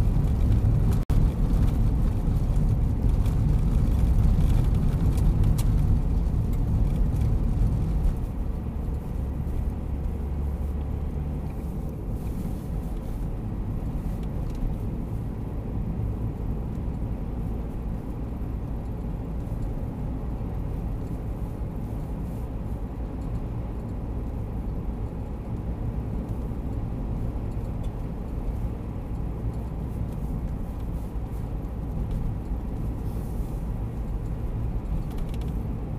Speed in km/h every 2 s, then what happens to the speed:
51, 50, 50, 50, 51, 53, 54, 54, 57, 58, 58, 57, 57, 57, 57, 56, 56, 56.
0-7 steady at about 50. 7-18 speeds up to 58. 18-36 steady at about 57.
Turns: none.